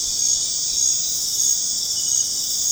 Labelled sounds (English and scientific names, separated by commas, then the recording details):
none
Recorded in secondary vegetation near Puerto Asís, Putumayo, Colombia, on 23 June 2025 at 20:00
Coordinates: 0.484, -76.319
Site G074